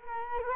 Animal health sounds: mosquito wingbeat signal from an infrared sensor; Culex quinquefasciatus

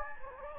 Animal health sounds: mosquito wingbeat signal from an infrared sensor; Anopheles gambiae

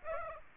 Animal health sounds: mosquito wingbeat signal from an infrared sensor; Aedes aegypti

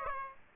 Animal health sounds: mosquito wingbeat signal from an infrared sensor; Aedes aegypti

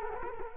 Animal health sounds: mosquito wingbeat signal from an infrared sensor; Culex quinquefasciatus

